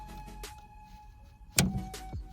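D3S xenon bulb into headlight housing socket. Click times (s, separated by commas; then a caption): 1.6 s. A new D3S xenon bulb, replacing a flickering one, is pushed hard into the headlight housing socket of an Audi A1 until its plastic retaining ring locks. Over faint steady tones, a single sharp click is heard at 1.6 s, followed by brief low rumbling. The bulb is seated.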